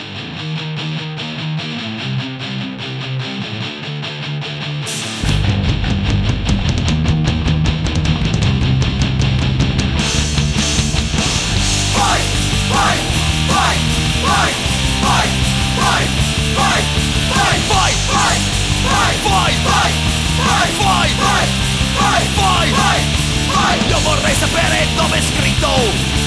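A punk rock song by an Italian band opens with a brief, thinner intro before the full band crashes in with loud distorted guitars and driving drums, then shouted vocals join over the fast, relentless beat.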